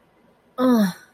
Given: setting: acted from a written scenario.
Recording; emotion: vocal sound without words; desire